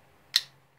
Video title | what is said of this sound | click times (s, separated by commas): Sig P225 mod for Star Model bm | And you hear the click and you see everything go in. | 0.4 s